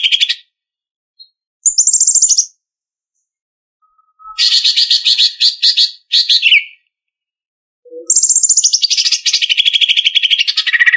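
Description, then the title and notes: Leafbird song in separated bursts: a high clear whistle, then buzzy rapid trills, ending in a long rattling trill that steps down in pitch; silent gaps between phrases. "Cucak Ijo"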